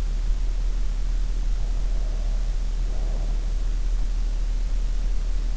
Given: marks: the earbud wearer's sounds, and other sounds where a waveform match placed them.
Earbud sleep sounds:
sounds in sleep by an in-ear microphone; breath
1.80-3.65 s: breath

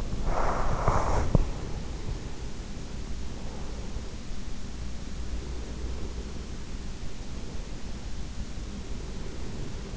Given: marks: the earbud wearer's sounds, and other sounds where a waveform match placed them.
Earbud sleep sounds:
sounds in sleep by an in-ear microphone; teeth grinding
0.00-1.49 s: teeth grinding

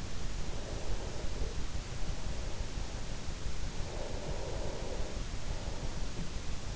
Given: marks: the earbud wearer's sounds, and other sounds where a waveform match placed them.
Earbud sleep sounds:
sounds in sleep by an in-ear microphone; breath
0.21-3.32 s: breath
3.58-6.76 s: breath

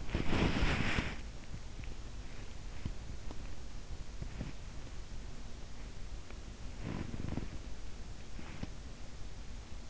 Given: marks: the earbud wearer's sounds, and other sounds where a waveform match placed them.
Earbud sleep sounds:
sounds in sleep by an in-ear microphone; body movement
0.00-1.29 s: body movement
6.89-7.62 s: body movement

